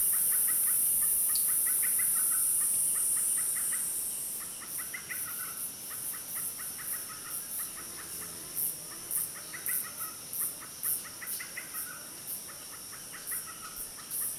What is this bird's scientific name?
Eurillas virens